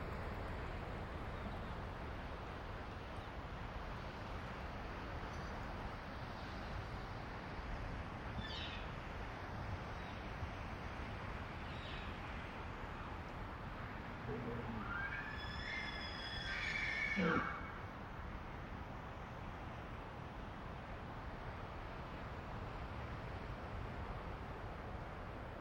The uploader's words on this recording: Elk Herd Activity In Windy Background. Elk bugling. Several small break-off herds were moving through and with males calling back-and-forth and females trying to figure out which one to follow. Strong mountain winds sweeping down through tall pine stands.